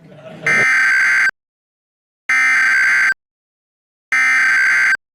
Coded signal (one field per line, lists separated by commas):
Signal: Emergency Alert System (SAME) tones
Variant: header bursts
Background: speech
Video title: The 4 funnels. (EAS Mock) READ DESC!